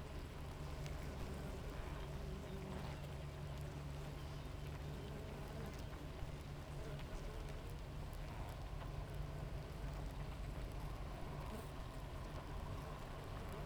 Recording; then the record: honeybee colony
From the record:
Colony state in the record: active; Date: 28 July 2017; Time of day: 7:23